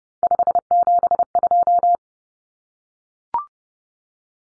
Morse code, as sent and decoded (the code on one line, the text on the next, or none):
..... --... ..---
572